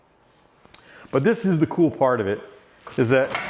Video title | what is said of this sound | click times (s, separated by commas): The Best Sliding Table Saw Ever!? Meet the Beast! The SCM L'invincible SI 3! She is MEGA | when you just slide it down, it clicks back in. | 0.7 s